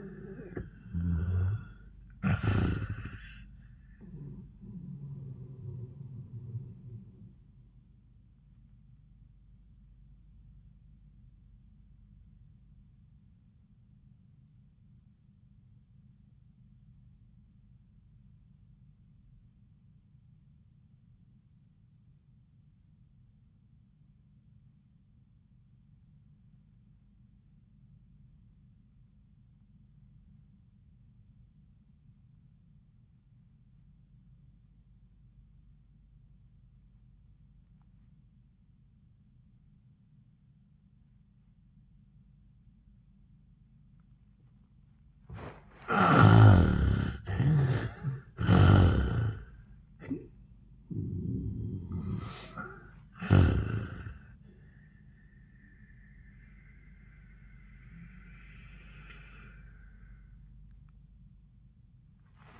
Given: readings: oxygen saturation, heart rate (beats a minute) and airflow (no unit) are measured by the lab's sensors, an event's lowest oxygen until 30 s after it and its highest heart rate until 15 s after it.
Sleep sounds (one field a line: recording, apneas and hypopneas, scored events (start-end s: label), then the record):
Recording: breathing in sleep by a smartphone at the bedside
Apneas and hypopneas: 1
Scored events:
12.00-46.20 s: obstructive apnea (REM, oxygen 97% highest, then 59% lowest, heart rate 98 at the start, 98 highest)
58.00-62.60 s: new sleep stage, N1 (lightest sleep)
From the record:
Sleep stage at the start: REM sleep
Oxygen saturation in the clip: 62 to 97%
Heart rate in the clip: 63 to 103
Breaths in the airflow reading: 5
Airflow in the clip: -24.4 to 14.7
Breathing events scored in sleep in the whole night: 400 in 8.7 hours asleep